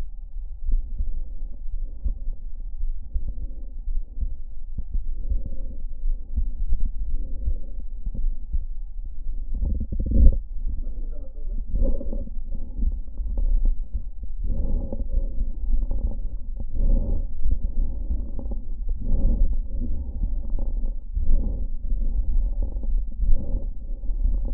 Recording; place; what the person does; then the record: lung sounds by stethoscope; left anterior apical chest; quiet breathing, then deep breathing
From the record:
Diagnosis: interstitial lung disease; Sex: male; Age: 82 years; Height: 158 cm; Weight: 49 kg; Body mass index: 19.6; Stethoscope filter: diaphragm mode